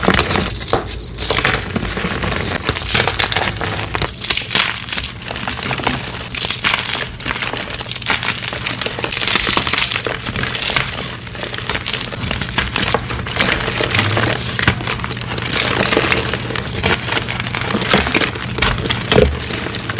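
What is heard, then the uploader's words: Crispy dyed chalk being crumbled and crushed, a dense, steady stream of bright crackling and crinkling over a low constant hum. Crispy Dyed Chalk Extravaganza! (NO POWDER PLAY).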